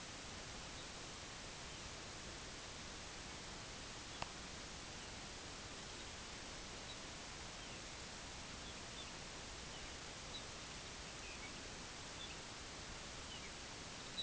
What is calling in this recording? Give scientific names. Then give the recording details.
Calcarius lapponicus. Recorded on Arctic tundra, site IGLO-D, on 16 June 2018. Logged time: 12:00